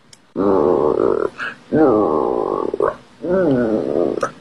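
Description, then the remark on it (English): A voice imitates a rumbling stomach growl, Bear's tummy growling in a children's story, with three drawn-out, wavering groans, each about a second long, separated by brief pauses and a small breathy catch. “Bear's tummy is growling.”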